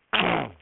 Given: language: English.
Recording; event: throat vibration sensor signal played as sound; throat clearing